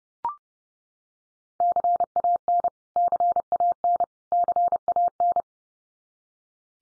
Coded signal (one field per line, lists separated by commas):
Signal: Morse code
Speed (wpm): 30 wpm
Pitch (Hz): 700 Hz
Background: none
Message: CAN CAN CAN